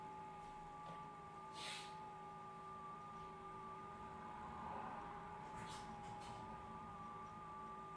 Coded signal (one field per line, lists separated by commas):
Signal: FT8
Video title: ICOM IC -705 LIVE- FT8 after firmware update